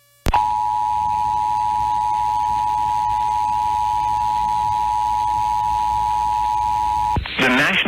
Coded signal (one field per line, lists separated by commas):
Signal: Emergency Alert System (SAME) tones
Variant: 853 and 960 Hz attention tone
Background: speech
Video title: EAS Severe Thunderstorm Watch #338 Minnesota and Iowa NOAA Weather Radio +WeatherSTAR4000